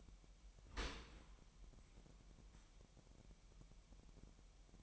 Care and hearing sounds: daily activity, microphone in the room; open dishwasher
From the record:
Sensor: 1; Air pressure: 998.4 hPa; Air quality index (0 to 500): 138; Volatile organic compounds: 4 ppm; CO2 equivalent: 1648 ppm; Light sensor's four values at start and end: 16/55/22/22 and 16/55/22/22

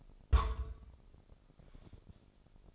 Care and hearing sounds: daily activity, microphone in the room; place on stove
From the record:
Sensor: 5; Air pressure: 995.5 hPa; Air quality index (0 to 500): 97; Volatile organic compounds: 6 ppm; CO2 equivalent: 1851 ppm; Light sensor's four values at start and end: 33/80/33/34 and 33/81/33/34

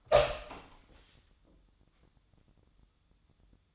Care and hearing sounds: daily activity, microphone in the room; open door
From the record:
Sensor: 3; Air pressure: 1004.9 hPa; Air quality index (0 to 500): 68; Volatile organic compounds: 2 ppm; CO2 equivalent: 1002 ppm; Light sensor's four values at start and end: 9/20/8/8 and 9/20/8/8

